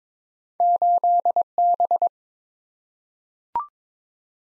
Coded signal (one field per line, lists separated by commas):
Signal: Morse code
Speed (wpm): 22 wpm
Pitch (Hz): 700 Hz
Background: none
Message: 8B